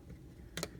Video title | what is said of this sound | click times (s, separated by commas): X-Transbots ANDRAS w/ RIMFIRE | There you go. You'll feel it click into place. | 0.6 s